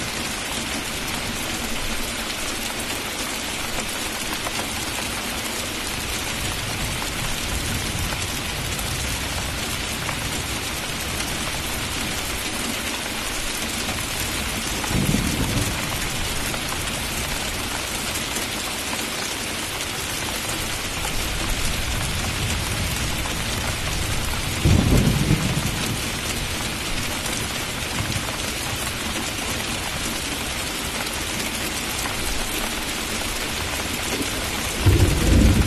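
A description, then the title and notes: Steady rain falls in a dense, even hiss of pattering drops that fills the whole clip without letup. Low, brief rumbles of thunder swell up around fifteen and twenty-five seconds, and another deeper roll begins near the very end. Thunder & Rain. Rainstorm and thunder ambience. Rain and thunder sounds. The pitter-patter of the relaxing raindrops.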